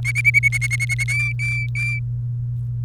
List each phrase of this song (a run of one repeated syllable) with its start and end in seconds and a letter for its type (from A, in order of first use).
0.05-1.04 A, 1.08-1.99 B